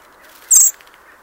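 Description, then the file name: Eurasian blackbird giving a single short, high, thin call lasting about a fifth of a second, over steady background noise. "Turdus merula"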